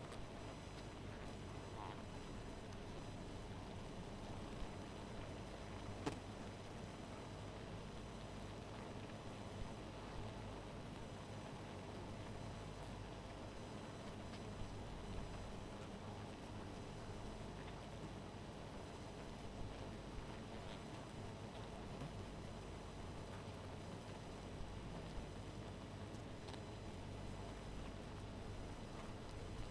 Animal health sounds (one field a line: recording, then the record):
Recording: honeybee colony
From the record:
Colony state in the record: missing queen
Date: 14 July 2017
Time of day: 2:36